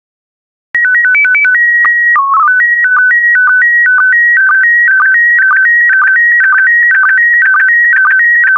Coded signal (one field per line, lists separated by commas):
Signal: SSTV (slow-scan television)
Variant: PD 120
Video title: 164018 Ocean Life SSTV PD120